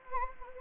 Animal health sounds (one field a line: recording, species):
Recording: mosquito wingbeat signal from an infrared sensor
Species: Anopheles gambiae